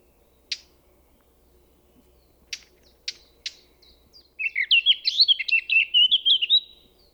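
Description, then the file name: Eurasian blackcap with a few sharp tac clicks, followed by a loud, fluty, tumbling warble lasting about two seconds. "Sylvia atricapilla"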